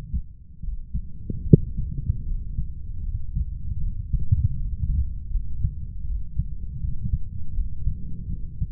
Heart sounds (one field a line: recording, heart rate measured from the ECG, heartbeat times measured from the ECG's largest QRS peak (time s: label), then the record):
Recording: heart sounds by stethoscope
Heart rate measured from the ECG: 78 bpm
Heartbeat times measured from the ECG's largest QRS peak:
0.63 s: heartbeat
1.46 s: heartbeat
2.26 s: heartbeat
3.04 s: heartbeat
3.82 s: heartbeat
4.57 s: heartbeat
5.32 s: heartbeat
6.06 s: heartbeat
6.81 s: heartbeat
7.56 s: heartbeat
8.30 s: heartbeat
From the record:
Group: healthy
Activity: rest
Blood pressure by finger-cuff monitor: 137/95 mmHg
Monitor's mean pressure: 107 mmHg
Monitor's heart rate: 77 bpm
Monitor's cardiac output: 7.5 L/min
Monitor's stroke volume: 98 mL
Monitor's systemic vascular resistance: 1060 dyn s/cm5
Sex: male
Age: 30 years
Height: 188 cm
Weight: 110.2 kg